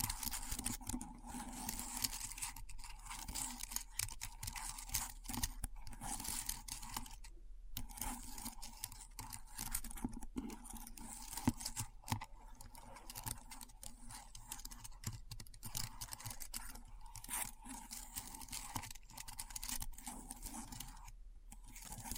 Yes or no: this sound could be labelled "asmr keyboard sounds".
yes